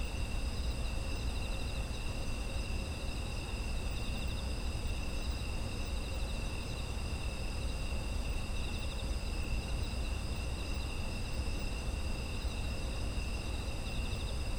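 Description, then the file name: Insects trilling continuously at multiple high pitches, one band faintly pulsed, with a constant deep rumble underneath. Autumn insect ambient sound. "秋の虫の環境音"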